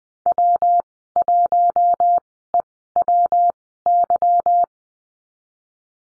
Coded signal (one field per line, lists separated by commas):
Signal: Morse code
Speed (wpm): 20 wpm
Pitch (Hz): 700 Hz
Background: none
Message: W1EWY